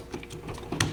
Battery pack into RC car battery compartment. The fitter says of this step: And click into place, and then it's got the balancer protector right here, and it is directional.